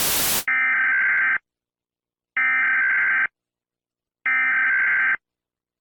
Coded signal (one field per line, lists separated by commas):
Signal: Emergency Alert System (SAME) tones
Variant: header bursts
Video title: EAS Scenario: the "Mewgenics disease" | wishlits #mewgenics